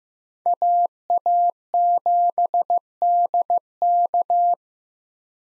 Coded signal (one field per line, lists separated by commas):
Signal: Morse code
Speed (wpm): 15 wpm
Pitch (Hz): 700 Hz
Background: none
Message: AA7DK